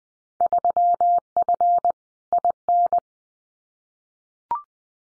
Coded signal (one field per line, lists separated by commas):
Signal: Morse code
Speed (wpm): 19 wpm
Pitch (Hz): 700 Hz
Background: none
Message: 3F IN